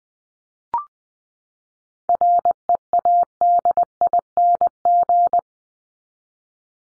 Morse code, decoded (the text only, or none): READING